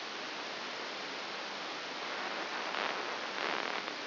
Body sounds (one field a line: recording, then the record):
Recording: brain microelectrode recording played as sound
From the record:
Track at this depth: outside the subthalamic nucleus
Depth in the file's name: 6.501 mm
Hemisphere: left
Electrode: 2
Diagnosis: Parkinson's disease